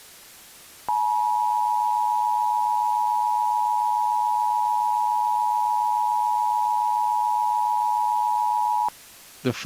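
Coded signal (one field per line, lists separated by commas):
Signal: Emergency Alert System (SAME) tones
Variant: 853 and 960 Hz attention tone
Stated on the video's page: Fictional EAS scenario.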